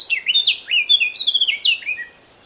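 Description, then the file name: Eurasian blackcap delivering a loud fluting phrase of falling whistled notes, lasting about two seconds. "Sylvia atricapilla"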